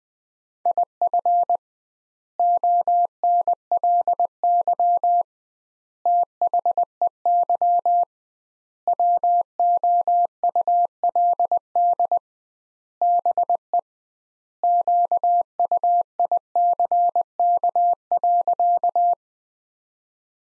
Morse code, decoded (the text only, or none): IF ONLY THEY WOULD BE QUICK.